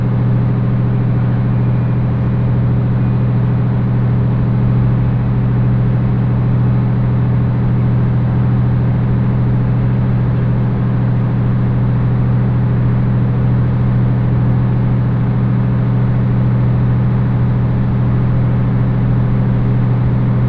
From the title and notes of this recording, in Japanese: 仙石東北ライン快速 石巻→高城町。帰りは仙石東北ラインの快速に乗ります。ハイブリッド気動車HB-E210系。４両編成。